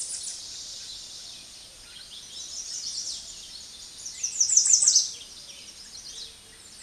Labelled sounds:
American Redstart song
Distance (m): 5 m
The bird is about level with the microphone
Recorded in a Pennsylvania forest on 16 May 2024 at 06:11
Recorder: AudioMoth, point MSD-2027
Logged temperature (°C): 15.6 °C
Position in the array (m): 103 m, 229 m

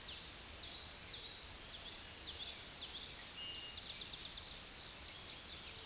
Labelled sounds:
Eastern Towhee song
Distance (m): 45 m
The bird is about level with the microphone
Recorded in a Pennsylvania forest on 16 May 2024 at 06:10
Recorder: AudioMoth, point MSD-1307
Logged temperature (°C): 16.6 °C
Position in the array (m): 190 m, 161 m

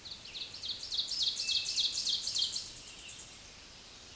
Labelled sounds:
Ovenbird song
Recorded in a Pennsylvania forest on 16 May 2024 at 06:44
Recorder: AudioMoth, point MSD-0178
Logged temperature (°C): 15.3 °C
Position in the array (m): 81 m, 63 m

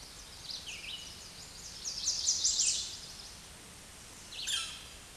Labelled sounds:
Red-eyed Vireo song
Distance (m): 30 m
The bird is about 10 m above the microphone
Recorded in a Pennsylvania forest on 16 May 2024 at 07:53
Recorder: AudioMoth, point MSD-0475
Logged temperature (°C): 12.3 °C
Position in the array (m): 149 m, 29 m

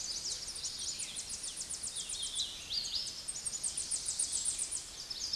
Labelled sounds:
Hooded Warbler song
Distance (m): 50 m
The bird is about 5 m above the microphone
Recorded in a Pennsylvania forest on 16 May 2024 at 09:42
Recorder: AudioMoth, point MSD-0407
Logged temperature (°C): 15.8 °C
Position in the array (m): 28 m, 148 m

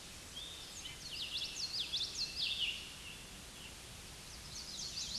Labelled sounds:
Common Yellowthroat song
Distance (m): 15 m
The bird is about 5 m above the microphone
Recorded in a Pennsylvania forest on 16 May 2024 at 06:49
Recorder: AudioMoth, point MSD-2039
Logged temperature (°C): 15.0 °C
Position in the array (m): 85 m, 83 m

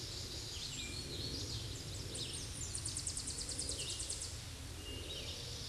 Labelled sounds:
Tennessee Warbler song
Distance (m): 40 m
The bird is about 20 m above the microphone
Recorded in a Pennsylvania forest on 16 May 2024 at 07:37
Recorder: AudioMoth, point MSD-1035
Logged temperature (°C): 16.3 °C
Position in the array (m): 216 m, 160 m

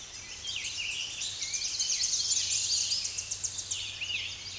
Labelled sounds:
Tennessee Warbler song
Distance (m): 30 m
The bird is about 5 m above the microphone
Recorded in a Pennsylvania forest on 16 May 2024 at 06:42
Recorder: AudioMoth, point MSD-1293
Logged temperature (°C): 12.0 °C
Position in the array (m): 68 m, 181 m

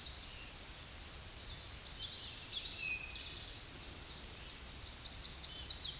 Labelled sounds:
Eastern Towhee song
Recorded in a Pennsylvania forest on 16 May 2024 at 08:26
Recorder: AudioMoth, point MSD-2494
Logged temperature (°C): 15.6 °C
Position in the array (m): 169 m, 190 m

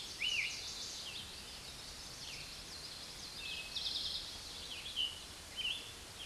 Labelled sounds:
Eastern Towhee song
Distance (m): 35 m
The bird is about 5 m above the microphone
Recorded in a Pennsylvania forest on 16 May 2024 at 06:07
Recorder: AudioMoth, point MSD-2287
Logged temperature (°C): 11.2 °C
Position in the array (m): 110 m, 7 m

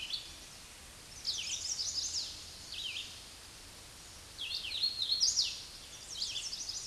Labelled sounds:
Hooded Warbler song
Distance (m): 25 m
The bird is about 15 m above the microphone
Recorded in a Pennsylvania forest on 16 May 2024 at 08:38
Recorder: AudioMoth, point MSD-2208
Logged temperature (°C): 15.2 °C
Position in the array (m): 152 m, 104 m

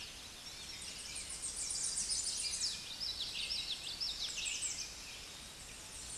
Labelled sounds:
American Redstart song
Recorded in a Pennsylvania forest on 16 May 2024 at 09:03
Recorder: AudioMoth, point MSD-2478
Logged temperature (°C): 15.6 °C
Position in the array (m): 90 m, 230 m

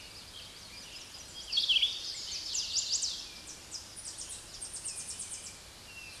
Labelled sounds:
Chestnut-sided Warbler song
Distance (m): 30 m
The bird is about 5 m above the microphone
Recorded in a Pennsylvania forest on 16 May 2024 at 06:37
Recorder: AudioMoth, point MSD-1534
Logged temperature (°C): 15.6 °C
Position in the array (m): 11 m, 23 m

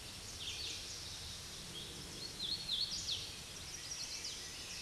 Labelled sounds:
Hooded Warbler song
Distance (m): 45 m
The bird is about 15 m above the microphone
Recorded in a Pennsylvania forest on 16 May 2024 at 08:50
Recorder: AudioMoth, point MSD-2095
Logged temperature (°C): 16.3 °C
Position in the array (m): 146 m, 106 m

